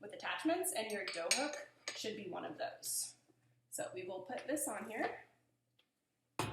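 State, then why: Seated. Someone talks while the dough hook attachment is fitted onto a KitchenAid tilt-head stand mixer, with light clinks of metal parts. After a short pause, the tilt head is lowered and locks onto its base with a single sharp click at 6.4 s, seating it in place.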